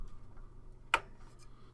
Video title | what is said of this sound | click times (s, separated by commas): CompTIA A+ Full Course in English Lecture # 07 | and now it click place | 0.9 s